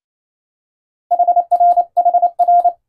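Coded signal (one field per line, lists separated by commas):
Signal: Morse code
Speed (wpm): 29 wpm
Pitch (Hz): 700 Hz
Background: none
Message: HRHR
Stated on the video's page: Morse code sent by a first-class radiotelegraph operator, compared against an announcer's recitation of the same story.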